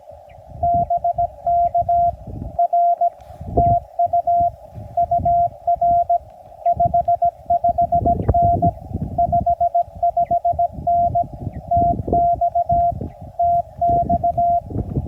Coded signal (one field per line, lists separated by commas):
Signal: Morse code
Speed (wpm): 20 wpm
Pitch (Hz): 680 Hz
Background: none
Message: BK R TU UR 55N 55N TX TX